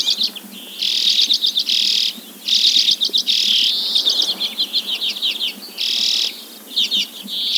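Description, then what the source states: Arctic redpoll calls: dry rattling trills mixed with long buzzy notes, in repeated bursts with brief quiet gaps. Greenland.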